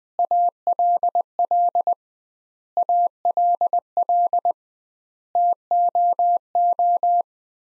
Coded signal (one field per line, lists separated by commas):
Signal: Morse code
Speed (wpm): 20 wpm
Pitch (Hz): 700 Hz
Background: none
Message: ALL ALL TOO